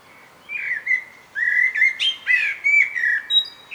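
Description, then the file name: Common blackbird: rich, low fluted warbling notes in a rhythmic run, punctuated by a sharp high squeak and a thin whistled ending. "Turdus merula"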